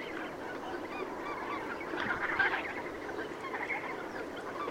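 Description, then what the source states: Goose: geese calling in a dense flock, many overlapping nasal honks and chatter running continuously, swelling slightly louder around the middle. Recorded 5 September 2016.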